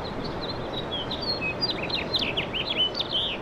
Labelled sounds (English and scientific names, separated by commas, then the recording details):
House Finch (Haemorhous mexicanus) song
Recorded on Long Island, New York, on 18 April 2012
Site GC
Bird C